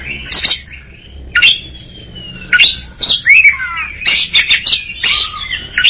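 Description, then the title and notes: Greater green leafbird song, a rapid mix of clear whistles, long downward slurs and scratchy chattering notes, grouped in loud bursts separated by quieter gaps. Champion singing bird, known locally as cucak ijo. "Kicau Burung Cucak Ijo Juara. Suara kicauan burung cucak ijo"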